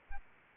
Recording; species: mosquito wingbeat signal from an infrared sensor; Anopheles arabiensis